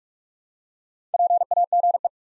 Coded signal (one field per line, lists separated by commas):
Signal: Morse code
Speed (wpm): 44 wpm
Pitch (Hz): 700 Hz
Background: none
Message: PAGE